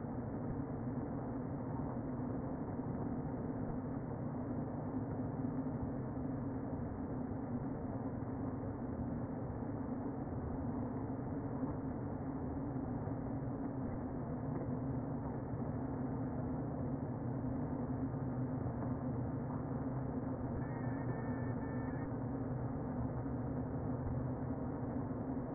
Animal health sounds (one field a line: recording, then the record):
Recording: honeybee colony, microphone inside the hive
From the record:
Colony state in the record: queen present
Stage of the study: before two queens were removed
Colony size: about 60,000 bees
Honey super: yes